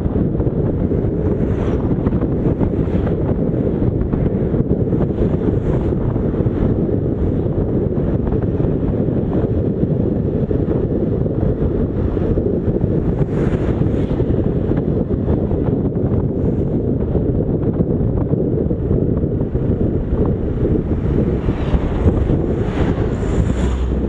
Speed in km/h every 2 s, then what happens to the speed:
54, 58, 48, 54, 48, 49, 49, 50, 65, 35, 19, 21.
2-10 slows to 49. 10-16 speeds up to 65. 16-21 brakes to 19.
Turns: none.